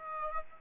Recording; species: mosquito wingbeat signal from an infrared sensor; Aedes aegypti